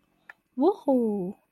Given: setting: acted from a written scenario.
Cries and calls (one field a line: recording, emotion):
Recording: vocal sound without words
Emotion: amusement